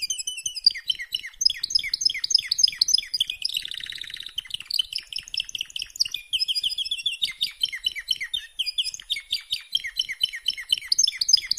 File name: Canary Voice